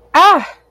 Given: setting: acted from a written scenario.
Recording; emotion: vocal sound without words; fear